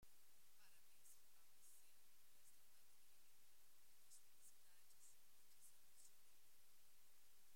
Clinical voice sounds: short text; Brazilian Portuguese; female; 40 to 49 years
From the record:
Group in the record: control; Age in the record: 40 years

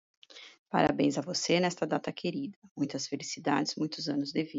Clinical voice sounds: short text; Brazilian Portuguese; female; 40 to 49 years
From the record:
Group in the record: control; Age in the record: 45 years

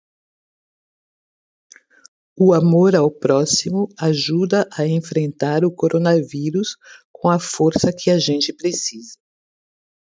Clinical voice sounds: spoken sentence; Brazilian Portuguese; female; 50 to 59 years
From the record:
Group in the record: control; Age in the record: 59 years

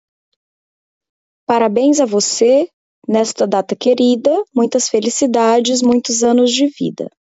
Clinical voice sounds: short text; Brazilian Portuguese; female; 30 to 39 years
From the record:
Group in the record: control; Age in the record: 32 years

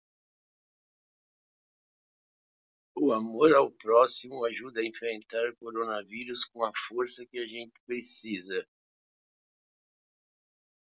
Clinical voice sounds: spoken sentence; Brazilian Portuguese; male; 70 to 79 years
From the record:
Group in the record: control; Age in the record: 72 years

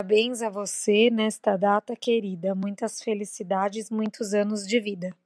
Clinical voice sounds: short text; Brazilian Portuguese; female; 30 to 39 years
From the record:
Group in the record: control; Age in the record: 33 years

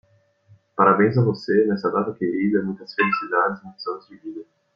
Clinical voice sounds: short text; Brazilian Portuguese; male; 20 to 29 years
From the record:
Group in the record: control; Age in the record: 22 years

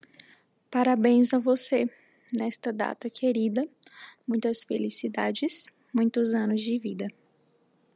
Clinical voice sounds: short text; Brazilian Portuguese; female; 20 to 29 years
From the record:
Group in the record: control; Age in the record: 22 years

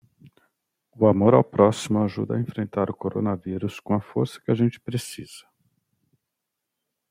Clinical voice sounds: spoken sentence; Brazilian Portuguese; male; 40 to 49 years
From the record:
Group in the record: control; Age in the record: 46 years

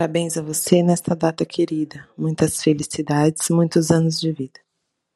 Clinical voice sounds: short text; Brazilian Portuguese; female; 40 to 49 years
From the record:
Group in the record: control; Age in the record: 43 years

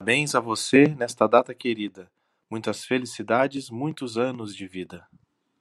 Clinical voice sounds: short text; Brazilian Portuguese; male; 30 to 39 years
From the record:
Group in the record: control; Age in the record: 39 years

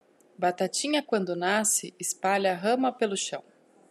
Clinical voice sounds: short text; Brazilian Portuguese; female; 30 to 39 years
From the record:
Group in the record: control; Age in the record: 31 years

